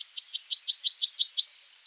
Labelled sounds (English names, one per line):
Yellowhammer song